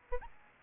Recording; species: mosquito wingbeat signal from an infrared sensor; Aedes albopictus